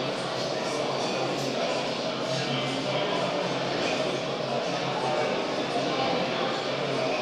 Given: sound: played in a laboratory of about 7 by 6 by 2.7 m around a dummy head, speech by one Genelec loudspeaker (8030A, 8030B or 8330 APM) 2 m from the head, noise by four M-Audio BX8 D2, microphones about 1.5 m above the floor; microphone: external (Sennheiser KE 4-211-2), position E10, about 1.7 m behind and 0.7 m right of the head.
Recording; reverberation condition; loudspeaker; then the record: cafeteria noise; high; four, about 170 cm from the corners of the room and facing them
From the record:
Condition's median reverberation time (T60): about 1300 ms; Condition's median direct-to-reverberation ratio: about -4.0 dB